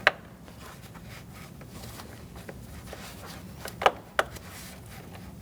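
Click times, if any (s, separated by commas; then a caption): 0.1 s. The plastic electrical connector of the cooling fan wiring is pushed into the fan motor socket on a 2008–2014 Mercedes-Benz C300 engine cooling fan assembly, giving a sharp click at 0.1 s as it seats. After a stretch of quiet handling noise, two more sharp knocks sound at about 3.9 s and 4.2 s. The connector is confirmed plugged in.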